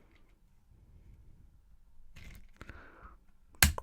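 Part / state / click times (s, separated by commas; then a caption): plastic model part into the Thunderbird 2 model body holes / seated / 3.6 s. A glued plastic part with pegs is pushed into two front holes on a Thunderbird 2 scale model body. After quiet handling, faint rustles and small ticks sound from about 2.3 s. A sharp, loud click at 3.6 s marks the part seating into place.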